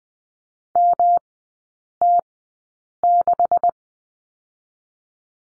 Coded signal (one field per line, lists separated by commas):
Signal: Morse code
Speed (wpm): 20 wpm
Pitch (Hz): 700 Hz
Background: none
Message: MT6